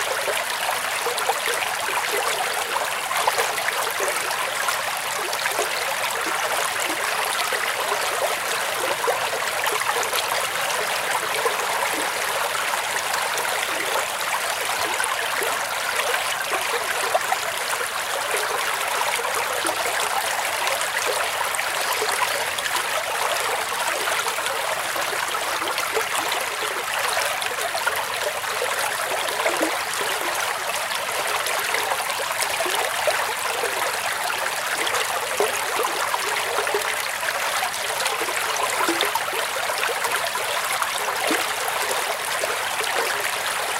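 A babbling brook runs over rocks and branches in a steady, dense wash of water with no pauses. The sound is bright, full of fine splashing and trickling detail, with little low rumble beneath. It stays even in level throughout.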